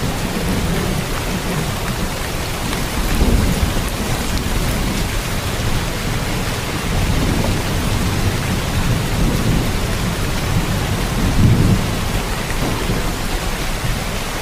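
Steady, dense rain hisses throughout on a night, with low rumbling swells of thunder rising around three and eleven seconds.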